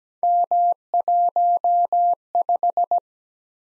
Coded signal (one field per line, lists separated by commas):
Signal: Morse code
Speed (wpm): 17 wpm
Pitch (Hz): 700 Hz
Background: none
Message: M15